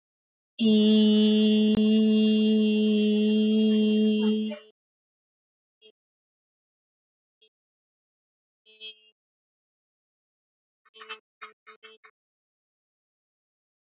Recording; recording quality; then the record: sustained vowel as in beet; moderate, slight background noise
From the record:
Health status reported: healthy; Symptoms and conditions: none ticked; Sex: female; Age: 20 years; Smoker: not ticked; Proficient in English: yes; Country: India